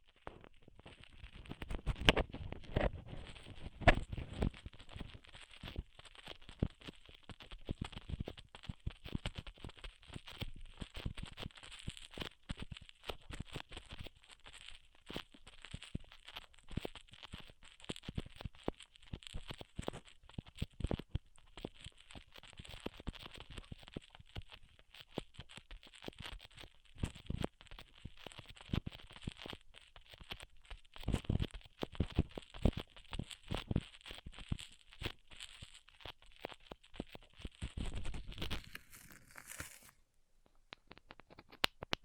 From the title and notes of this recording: ASMR Ripping Off the Band Aid (No Talking).